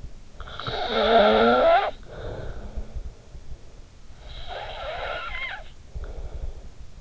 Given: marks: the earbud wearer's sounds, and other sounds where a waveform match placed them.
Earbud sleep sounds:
sounds in sleep by an in-ear microphone; snoring breath
0.16-3.67 s: snoring breath
4.02-7.01 s: snoring breath

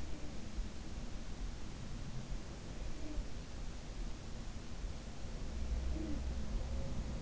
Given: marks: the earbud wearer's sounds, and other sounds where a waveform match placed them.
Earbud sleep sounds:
sounds in sleep by an in-ear microphone; talking in sleep
0.00-0.57 s: talking in sleep
2.85-3.38 s: talking in sleep
4.27-7.22 s: sound from someone else or the room
5.38-6.71 s: talking in sleep

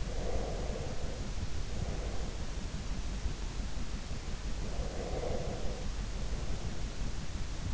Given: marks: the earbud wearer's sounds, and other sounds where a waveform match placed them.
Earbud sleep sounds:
sounds in sleep by an in-ear microphone; breath
0.00-2.53 s: breath
4.74-7.14 s: breath

